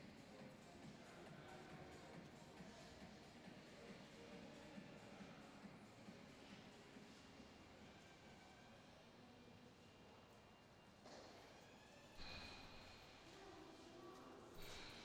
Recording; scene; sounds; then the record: everyday scene through a hearing-aid microphone; reverberant space; background noise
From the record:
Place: railway station hall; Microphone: in the ear canal, left